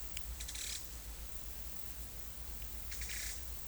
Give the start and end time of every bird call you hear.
0.46s-0.74s: bird call
2.96s-3.50s: bird call

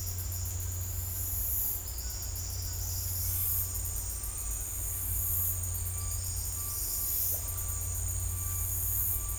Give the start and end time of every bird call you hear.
1.72s-3.43s: bird call
6.00s-7.39s: bird call

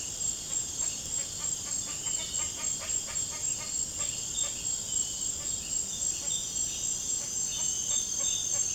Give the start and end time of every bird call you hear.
0.45s-4.56s: bird call
7.09s-8.75s: bird call

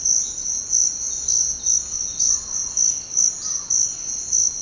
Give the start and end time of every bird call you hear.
2.31s-3.68s: bird call

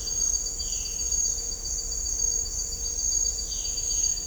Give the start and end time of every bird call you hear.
0.57s-0.96s: bird call
3.43s-4.18s: bird call

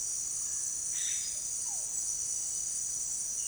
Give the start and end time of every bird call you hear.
0.83s-1.43s: bird call

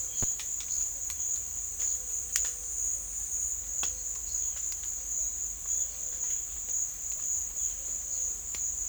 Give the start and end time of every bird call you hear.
0.00s-8.88s: bird call

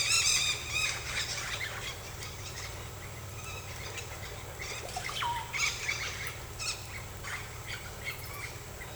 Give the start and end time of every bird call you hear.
0.00s-2.57s: bird call
3.39s-3.97s: bird call
4.59s-8.52s: bird call

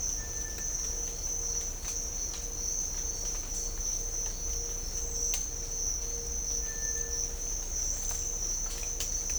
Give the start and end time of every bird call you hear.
0.16s-0.65s: bird call
6.58s-7.22s: bird call

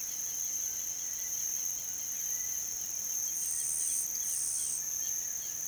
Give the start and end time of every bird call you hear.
0.00s-5.65s: bird call

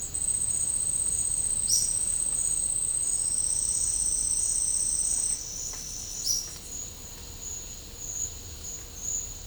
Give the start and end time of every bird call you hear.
1.64s-2.04s: bird call
6.24s-6.58s: bird call

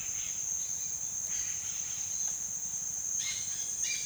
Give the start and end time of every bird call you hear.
0.00s-2.25s: bird call
3.03s-4.05s: bird call

